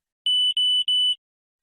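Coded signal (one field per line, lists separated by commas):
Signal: beep code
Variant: Icare HOME rebound tonometer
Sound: three long high-pitched electronic beeps in quick succession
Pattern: 3 long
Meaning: The device is too far from the eye; adjust the supports and measure again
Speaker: the pro base light flashes red and you hear three long beeps the device is too far from the eye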